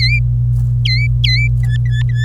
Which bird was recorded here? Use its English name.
Domestic Canary